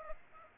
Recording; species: mosquito wingbeat signal from an infrared sensor; Aedes aegypti